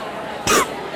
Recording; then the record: coughing mixed with background sound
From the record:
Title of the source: 31 night wet cough